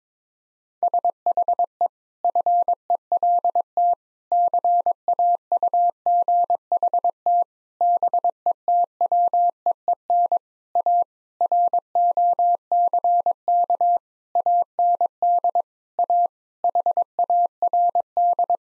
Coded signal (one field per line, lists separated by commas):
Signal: Morse code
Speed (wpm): 22 wpm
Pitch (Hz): 700 Hz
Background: none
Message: SHE FELT CAUGHT BETWEEN A ROCK AND A HARD